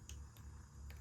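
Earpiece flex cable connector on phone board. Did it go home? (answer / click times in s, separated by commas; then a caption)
released / 0.1 s. A tool pries up the press-fit earpiece speaker flex cable connector on the logic board of an iPhone XS Max, and the connector pops free with a sharp click at 0.1 s. Two fainter ticks follow at about 0.4 s and 0.9 s over a steady low hum, leaving the connector released.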